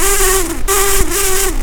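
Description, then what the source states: Brown-banded carder bee buzzing, a steady drone held at one pitch with rich overtones, briefly dipping twice, continuous throughout. Queens.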